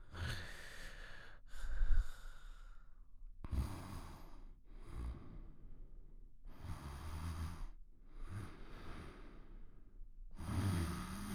Light snores of a man sleeping.